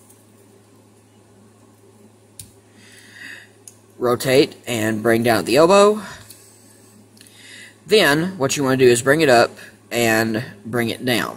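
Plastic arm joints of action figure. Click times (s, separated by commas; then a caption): 2.4 s, 3.7 s. Both plastic arms of a 2021 reissue Transformers Beast Wars Cheetor figure are straightened out, and their joints click into place with two sharp clicks at 2.4 s and 3.7 s. Fainter handling sounds follow as someone talks.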